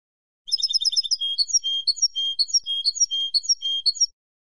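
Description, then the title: European goldfinch song, bright rapid jingle giving way to a lively sequence of slurred whistles and twittering notes, continuous for over three seconds in otherwise clean quiet. "Jilguero"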